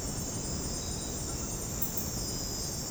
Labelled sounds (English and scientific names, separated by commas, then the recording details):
none
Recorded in dense forest near Puerto Asís, Putumayo, Colombia, on 21 February 2024 at 02:00
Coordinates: 0.486, -76.316
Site G6437